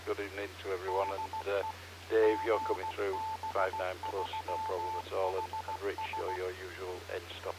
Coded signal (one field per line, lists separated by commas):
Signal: Morse code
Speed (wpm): 16 wpm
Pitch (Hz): 880 Hz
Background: speech, radio noise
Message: DE GB3HS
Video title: HADARS Live Stream 2M net 08/05/23